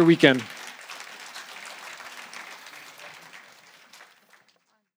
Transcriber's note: applause